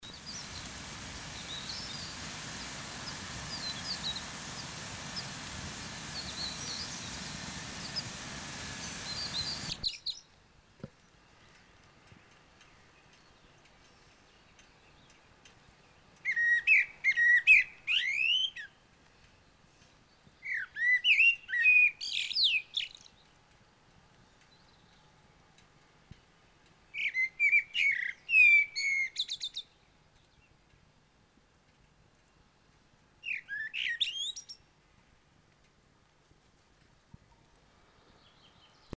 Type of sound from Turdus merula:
song